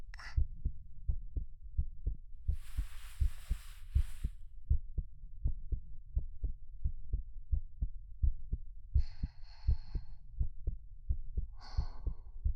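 Steady paired low heart thumps at roughly 83 beats a minute from an adult heart heard close up, with brief rustling noises in between.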